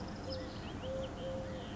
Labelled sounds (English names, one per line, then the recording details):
Eurasian Collared Dove
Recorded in Sonoma County, California